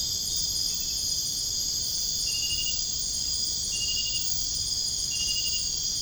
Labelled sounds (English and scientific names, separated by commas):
none